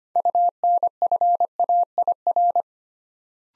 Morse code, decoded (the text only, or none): UNFAIR